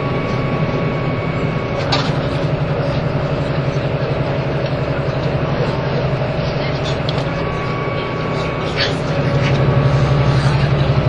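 A steady, droning vehicle rumble on the Nagoya to Toyama journey, with faint whining tones, brief clatters near two and nine seconds, swelling louder at the end.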